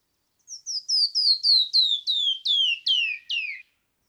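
Canyon wren singing a falling series of about nine sweet, slurred whistles, each note dropping lower than the last, over a silent background.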